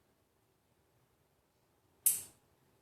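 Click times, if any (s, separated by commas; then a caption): 2.1 s. A second Ethernet cable plug is pushed into the other side of an Ethernet coupler. After near silence, a single sharp, bright click at 2.1 s fades over about a quarter second. The plug seats in the coupler.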